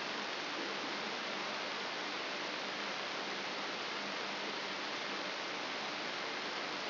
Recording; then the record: brain microelectrode recording played as sound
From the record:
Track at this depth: inside the subthalamic nucleus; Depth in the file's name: 2.504 mm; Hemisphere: left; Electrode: 3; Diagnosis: Parkinson's disease